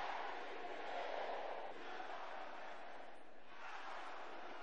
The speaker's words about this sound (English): Brothers, shout it loud and clear.